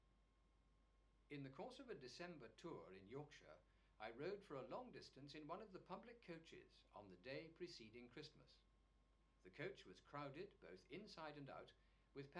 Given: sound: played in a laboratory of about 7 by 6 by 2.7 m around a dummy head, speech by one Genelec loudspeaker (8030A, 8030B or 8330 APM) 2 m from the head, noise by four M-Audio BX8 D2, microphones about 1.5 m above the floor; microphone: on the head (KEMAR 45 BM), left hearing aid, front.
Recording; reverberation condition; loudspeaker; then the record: male speech in English; low; 90 degrees to the left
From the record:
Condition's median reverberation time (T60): about 310 ms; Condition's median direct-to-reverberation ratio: about 3.5 dB